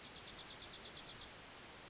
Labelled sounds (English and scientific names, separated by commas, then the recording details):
Dark-eyed Junco (Junco hyemalis)
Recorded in Sonoma County, California